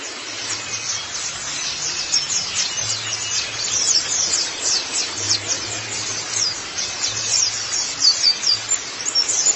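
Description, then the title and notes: White-eye song of quick, thin, high twitters running without pause, with a faint low hum underneath. Long-duration recording of the chirping song. "Kicauan Burung Pleci Durasi Panjang. Suara kicauan burung pleci"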